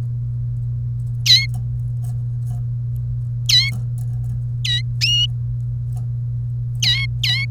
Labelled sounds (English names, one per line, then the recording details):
Domestic Canary song
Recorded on 1 May 2018 at 11:49
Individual llb3